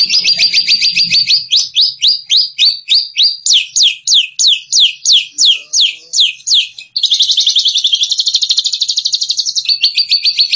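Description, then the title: White-rumped shama song: a run of sharp, high downslurred notes repeated quickly, then a dense rapid trill and a return to brisk chipping phrases. Masteran tutor recording of a champion bird's song, used to train caged birds; also offered as sound therapy. "Suara Masteran Burung Murai Batu Juara Terapi Suara Murai Batu"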